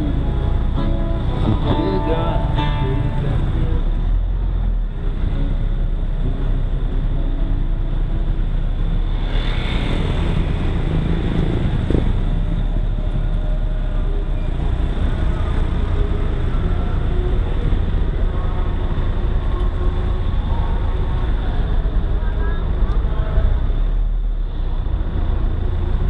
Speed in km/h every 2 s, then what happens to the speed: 13, 15, 14, 15, 13, 15, 15, 13, 12, 11, 12, 13, 13.
0-26 steady at about 13.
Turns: none.